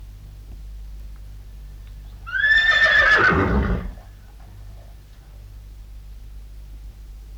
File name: Het hinniken van een paard - Sound Cloud - Beeld en Geluid